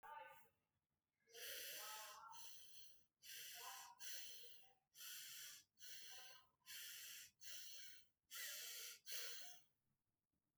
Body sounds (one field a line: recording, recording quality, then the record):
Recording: shallow breathing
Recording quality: excellent, no background noise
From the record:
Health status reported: healthy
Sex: male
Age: 38 years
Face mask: not worn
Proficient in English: yes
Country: India